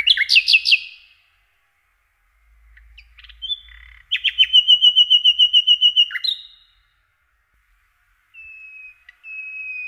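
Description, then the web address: Common nightingale singing a fast burst of repeated notes, then scattered clicks, a long rapid trill, and finally two steady whistles. "Przyroda Ptaki Slowik rdzawy"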